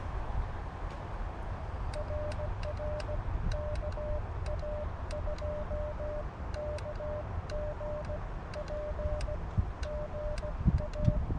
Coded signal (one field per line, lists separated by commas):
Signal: Morse code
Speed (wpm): 17 wpm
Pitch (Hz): 600 Hz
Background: music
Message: RR KA2KGP GA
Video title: CW #POTA at K-7882 on February 16, 2023 - Elecraft KX2 Maiden Voyage & Read The Friggin’ Manual RTFM